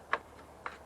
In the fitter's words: and it clicks into place